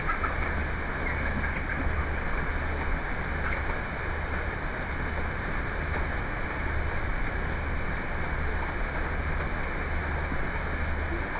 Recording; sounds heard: poultry house recording; healthy chickens